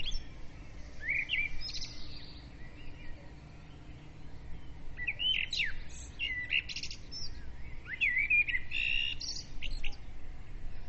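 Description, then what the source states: Several birds singing: warbled whistles and bright chirp clusters come in three main bursts, over a low steady background drone. Birds' dawn praise (dawn chorus), recorded with a ZOOM recorder.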